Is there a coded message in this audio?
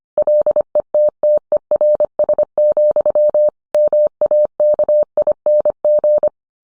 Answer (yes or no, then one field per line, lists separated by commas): yes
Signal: Morse code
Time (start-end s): 0.2-6.3 s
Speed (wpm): 25 wpm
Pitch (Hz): 600 Hz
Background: none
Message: LETTERS, MAKING